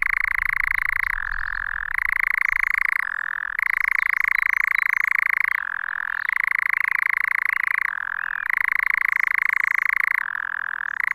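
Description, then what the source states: European nightjar churr running unbroken for the whole stretch, a dry reeling trill that alternates repeatedly between two close pitches every one to two seconds. Nightjar churring on its perch at Cannock Chase.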